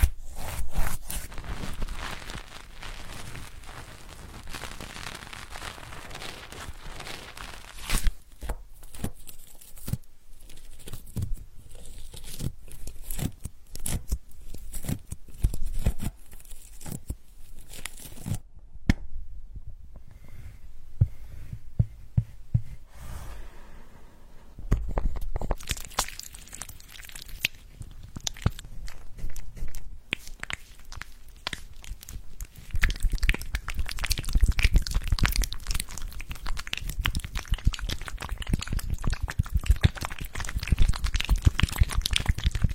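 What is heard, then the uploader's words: Wet smearing and tearing massage sounds with rapid irregular slaps and crinkles, thinning to sparse taps mid-clip before growing dense again. Tapping the water flow, smearing and tearing massage.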